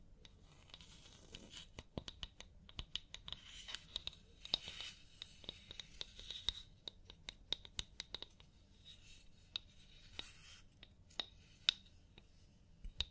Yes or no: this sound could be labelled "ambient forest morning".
no